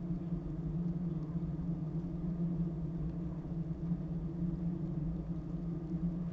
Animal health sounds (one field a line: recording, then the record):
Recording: honeybee colony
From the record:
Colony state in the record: active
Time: day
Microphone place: top of hive